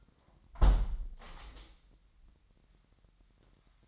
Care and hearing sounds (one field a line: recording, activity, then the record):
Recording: daily activity, microphone in the room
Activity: close window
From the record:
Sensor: 3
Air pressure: 997.9 hPa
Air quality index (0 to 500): 137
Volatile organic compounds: 4 ppm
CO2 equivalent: 1634 ppm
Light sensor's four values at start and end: 14/41/17/15 and 14/42/17/15